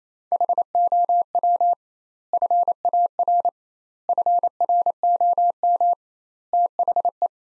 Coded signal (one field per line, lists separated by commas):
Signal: Morse code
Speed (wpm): 28 wpm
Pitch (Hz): 700 Hz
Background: none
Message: HOW FAR FROM THE